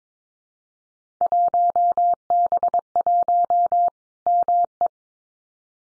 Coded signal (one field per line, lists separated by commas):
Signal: Morse code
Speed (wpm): 22 wpm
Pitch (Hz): 700 Hz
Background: none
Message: 1B1 ME